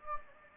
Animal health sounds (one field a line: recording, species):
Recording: mosquito wingbeat signal from an infrared sensor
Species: Anopheles gambiae